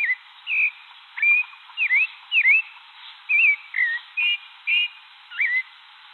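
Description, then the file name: Thrush song of clear fluted whistles, some dipping V-shaped slurs and brief warbled notes in quick succession. "canto do sabia de cabeca cinza"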